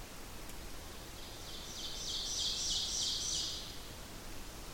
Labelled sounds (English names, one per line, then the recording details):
Ovenbird song
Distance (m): 45 m
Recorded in boreal forest in Alberta, Canada, on 8 June 2016 at 08:40
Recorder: SongMeter 3, array SBT-3-9
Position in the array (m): 165 m, 150 m
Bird 35